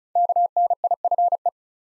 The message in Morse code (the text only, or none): KNIFE